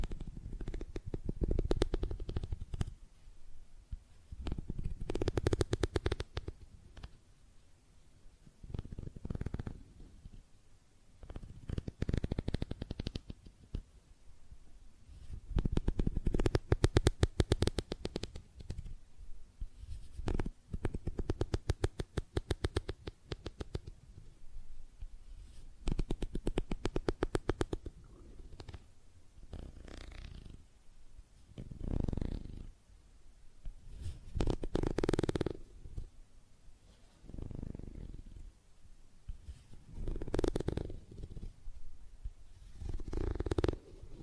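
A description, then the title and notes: Tapping and scratching on makeup items comes in bursts every few seconds, with a dense run of rapid crisp scratches between about 15 and 23 seconds. A soft, low, muffled rumble sits under the bursts, and the quiet gaps between them are short. ASMR Makeup Tapping & Scratching Sounds (No Talking).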